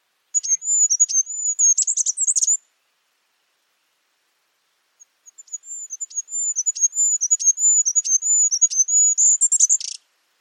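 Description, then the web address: Bird song: two bouts of very high, thin, wavering whistling laced with clicks, separated by a short silence, each ending in a denser burst. "Bird Only"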